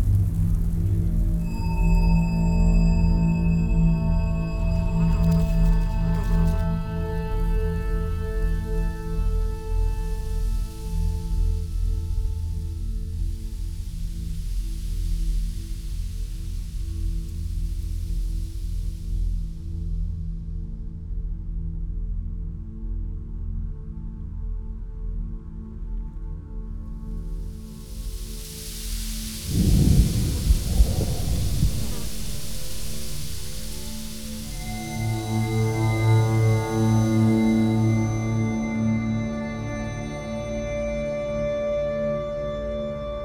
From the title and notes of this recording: Alessandro Fogar, for the installation 'Amber', conceived together with Paola Pisani, has created a sound environment, in the form of a generative system, based on the creation of a virtual microcosm made of sounds. The sounds of air are modulated by the data of the values of PM10 air pollution in Orleans, the sounds of water are controlled by the accelerated data of Venice tides. Live recording.